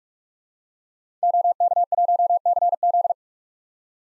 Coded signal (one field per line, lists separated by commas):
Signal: Morse code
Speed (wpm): 47 wpm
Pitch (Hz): 700 Hz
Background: none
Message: OK1CZ